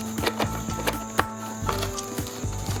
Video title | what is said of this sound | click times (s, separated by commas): Buildskill Home & Professional Blower--Puri Jaankari Hindi mei-- Unboxing Review Features & Discount | तो यह देखिए 10 बाग भी लॉक हो गया | 1.2 s